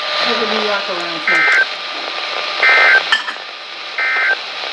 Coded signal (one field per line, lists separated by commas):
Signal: Emergency Alert System (SAME) tones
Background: speech